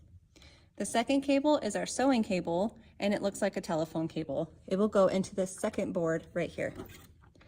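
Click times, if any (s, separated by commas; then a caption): none. A modular, telephone-style sewing cable plug is handled at the port of the second board of a motor control unit while someone talks throughout. A few faint, brief taps occur near the end. Nothing has seated or clicked yet.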